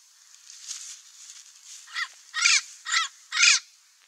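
Amazon parrot with scratchy, low-level chatter rising into four loud, coarse squawks at the end.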